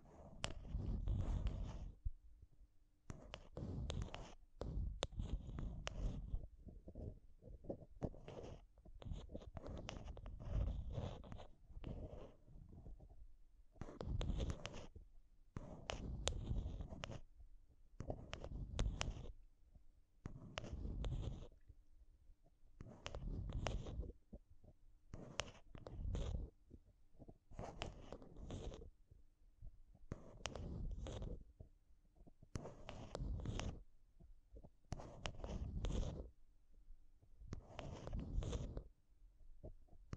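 Microphone tapping and scratching in short, dense bursts that come every second or so, with deep thumping lows and a scratchy upper edge. Each burst stops abruptly into near silence, and a faint steady hum sits underneath throughout.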